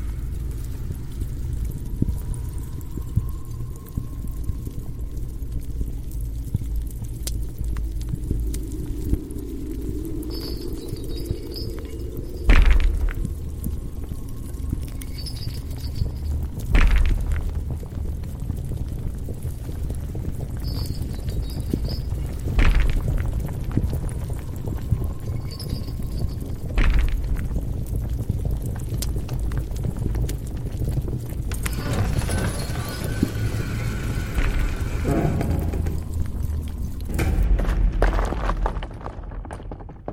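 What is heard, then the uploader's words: An underworld ambience of deep, steady rumbling like churning lava, with a low roar filling the bottom throughout. Sharp cracks and thuds strike every few seconds, near 12, 17, 22, 27 and 37 seconds, like falling rock, and a hissing, flame-like surge builds around 31–36 seconds. Underworld asmr ambience | abyss of hell | lava , flame , rockfall, monster sounds.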